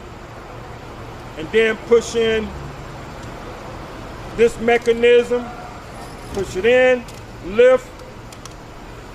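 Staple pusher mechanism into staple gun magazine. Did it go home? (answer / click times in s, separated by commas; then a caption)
yes / 8.5 s. Someone talks while pushing in, lifting and releasing the spring-loaded pusher mechanism of a staple gun's magazine after loading staples point down into its channel, with a steady low background hum. A short tick at 8.5 s marks the pusher locking in place and holding the staples in.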